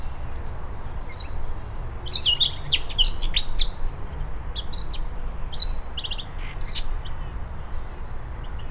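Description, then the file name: Eurasian blackcap singing short bursts of fast, chattering warble with high sharp notes, separated by brief pauses, against a constant low hum. "Sylvia atricapilla"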